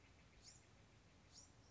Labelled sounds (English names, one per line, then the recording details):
Bewick's Wren
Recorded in Sonoma County, California